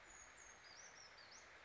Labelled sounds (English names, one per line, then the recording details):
Brown Creeper
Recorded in Sonoma County, California